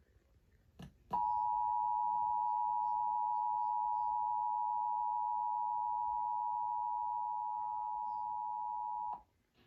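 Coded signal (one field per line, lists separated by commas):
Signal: Emergency Alert System (SAME) tones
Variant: 853 and 960 Hz attention tone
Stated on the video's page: Required Weekly Test captured from AM, FM and TV broadcast stations.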